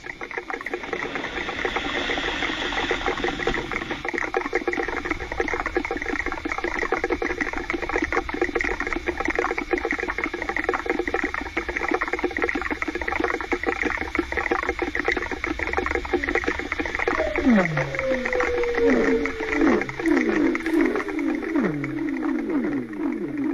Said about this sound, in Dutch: Je hebt namelijk een geluidsfragment meegenomen van het geluid dat kernfusie produceert. Ik vind dat ook echt best wel bizar. We gaan maar gewoon luisteren. Dat klinkt nog best wel als muziek in de oren namelijk.